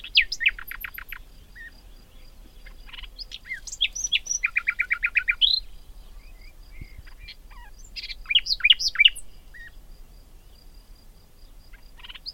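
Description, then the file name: Common nightingale song in several bursts: fast descending chirp series, a rapid rattling trill of repeated notes, quiet gaps, then another vigorous jumbled phrase. "Luscinia megarhynchos"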